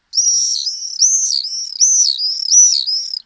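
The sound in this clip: Swift calls, a series of high arched whistled notes, each rising then falling, several in quick succession over three seconds, clean background.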